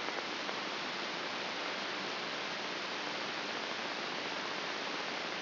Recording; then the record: brain microelectrode recording played as sound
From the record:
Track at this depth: outside the subthalamic nucleus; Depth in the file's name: 5.617 mm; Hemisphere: left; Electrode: 3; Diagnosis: Parkinson's disease